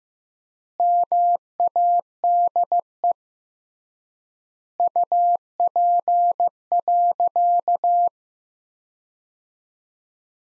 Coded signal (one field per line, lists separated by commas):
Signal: Morse code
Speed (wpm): 15 wpm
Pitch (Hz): 700 Hz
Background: none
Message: MADE UP.